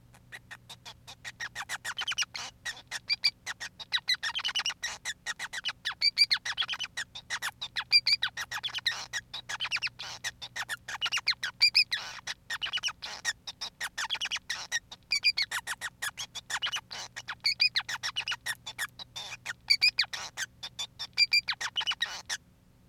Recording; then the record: song of a male Bengalese finch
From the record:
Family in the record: son of father 5